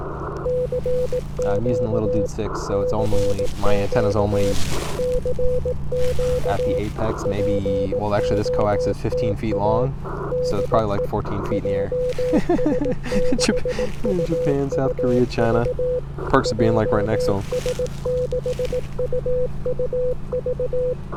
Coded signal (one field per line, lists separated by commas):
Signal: Morse code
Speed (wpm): 18 wpm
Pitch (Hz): 500 Hz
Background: speech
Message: CQ CQ CQ POTA DE JS6UUV JS6UUV